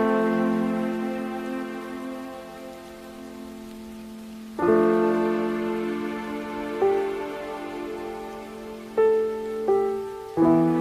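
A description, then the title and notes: Music with soft rain: sustained, ringing chords struck afresh near 4.5, 7, 9 and 10.5 seconds, each slowly fading over a faint, steady hiss. Relaxing minecraft music with soft rain.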